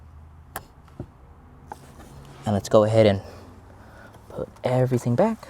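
A plastic clip is pushed back into its mounting hole in the dash and snaps into place with a sharp click at 0.6 s, followed by a few faint ticks. Someone then talks, and the clip is seated.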